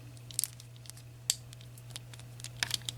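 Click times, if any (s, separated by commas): 1.3 s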